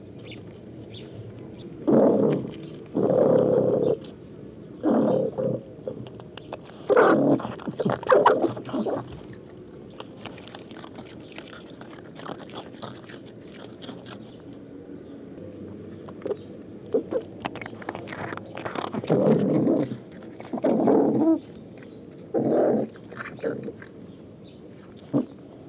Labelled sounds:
Sand Fox
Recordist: Tembrock, Günter

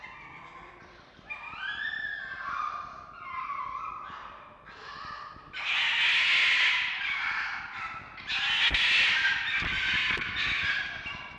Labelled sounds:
Red Fox
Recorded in captivity
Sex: group
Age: adult
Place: Zoologisches Institut der HUB, Berlin, DE
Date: 1952-03-25 19:00
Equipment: Elmetra
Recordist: Tembrock, Günter

